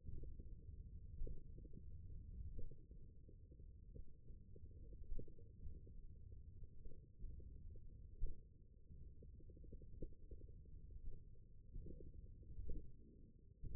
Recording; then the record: forearm muscle sounds (acoustic myography)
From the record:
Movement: tripod grip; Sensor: system 1, eight BSWA MPA416 microphones around the upper forearm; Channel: 5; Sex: male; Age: 20 years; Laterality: left